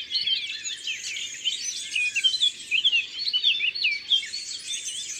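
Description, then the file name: Eurasian blackcap delivering a quick, chattering warble with fluty whistled accents, continuous and overlapping other songbirds, over a faint low rumble. Recorded in the Drôme, France. "Fauvette a tete noire Concerts Naturels de la Drome Studio les Trois Becs"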